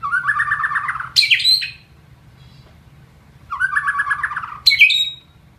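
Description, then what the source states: White-rumped shama song: a rapid trilled phrase near mid pitch rising into a sharp high flourish, repeated twice with a pause between, over a faint low hum. Masteran (training recording) of a White-rumped shama.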